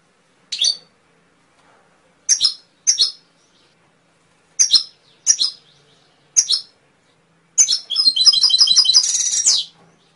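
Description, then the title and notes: Canary calling with several sharp single chirps, followed by a fast trilled phrase. Canary song, used as masteran training audio for songbirds. "PANCINGAN SUARA MASTERAN KENARI. masteran kicau kenari"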